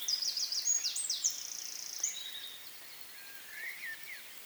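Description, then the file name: Eurasian wren song, a brief explosive sequence of piercing trills and a buzzy rattle over about two seconds, followed by faint lower notes. "Troglodytes troglodytes"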